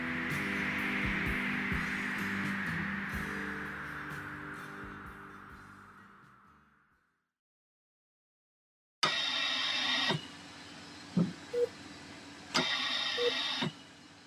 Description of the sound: This is the sound of a ventilator. And for Dr. Rafael Campo, it's been the soundtrack of the pandemic.